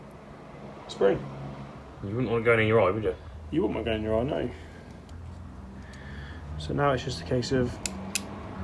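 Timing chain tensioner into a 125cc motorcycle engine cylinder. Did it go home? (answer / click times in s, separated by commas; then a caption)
yes / 8.1 s. A timing chain tensioner plunger is fed into the cylinder of a 125cc F.B Mondial HPS motorcycle engine (same as the Aprilia RS4 125), and its quite long spring is let out so the ratchet can take up chain tension. Someone talks throughout, with quiet handling sounds in between. A single sharp click at 8.2 s marks the tensioner seating as it takes up tension.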